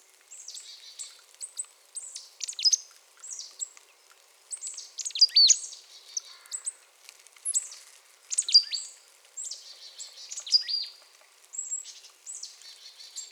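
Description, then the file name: Marsh tit giving a long, busy series of high, sharp chirps and buzzy downslurred notes, nearly continuous with short gaps throughout. "Poecile palustris"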